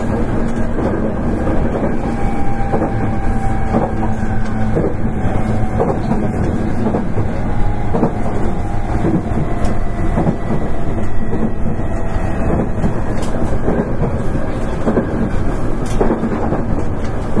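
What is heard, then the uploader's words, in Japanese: Onboard running sound of an electric train, a steady dense low rumble with faint rising motor whine and frequent light clicks of wheels on track joints. 南海電気鉄道 8300系電車の走行音です。南海戦の空港急行にて収録しました。区間は、難波からりんくうタウンまでです。南海8300系 空港急行 難波からりんくうタウンまで。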